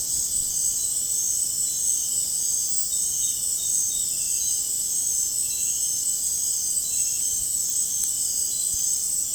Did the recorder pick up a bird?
no